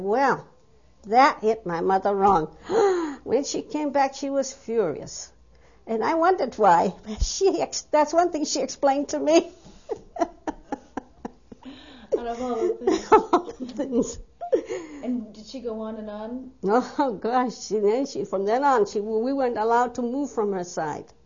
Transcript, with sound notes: Well, that hit my mother wrong--ha--when she came back she was furious and I wondered why, well she explained, that's one thing she explained to me (she laughs)
And did she go on and on?
Oh gosh, she, then she, from then on we weren't allowed to move from her side.